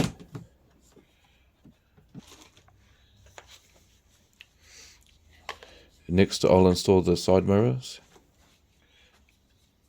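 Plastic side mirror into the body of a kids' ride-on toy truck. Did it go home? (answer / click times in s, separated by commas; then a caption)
no / none. A plastic side mirror for a 12V Ford Ranger kids' ride-on toy truck is handled near the truck's body, making scattered small knocks and taps, and someone talks. Nothing has seated or clicked into place yet.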